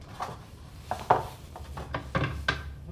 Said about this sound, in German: Ich leg die Eier in den Kühlschrank, ja? Mach das.